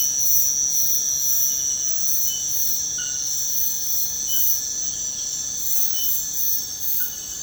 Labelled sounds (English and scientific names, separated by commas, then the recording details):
none
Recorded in secondary vegetation near Puerto Asís, Putumayo, Colombia, on 21 February 2024 at 01:00
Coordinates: 0.472, -76.331
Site G6371